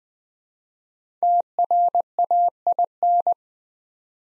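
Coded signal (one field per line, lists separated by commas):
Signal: Morse code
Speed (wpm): 20 wpm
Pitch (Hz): 700 Hz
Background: none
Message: TRAIN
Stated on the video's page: Morse code practice set at 20 wpm of easy words with contextual hints.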